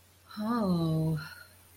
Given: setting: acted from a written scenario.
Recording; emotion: vocal sound without words; romantic love